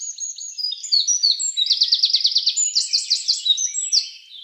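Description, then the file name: Eurasian wren song: a loud, high, rapid run of sharp notes and fast trills, each phrase a quick repeated burst, bright and continuous. "Troglodytes troglodytes"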